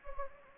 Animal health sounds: mosquito wingbeat signal from an infrared sensor; Anopheles gambiae

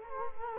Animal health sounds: mosquito wingbeat signal from an infrared sensor; Culex quinquefasciatus

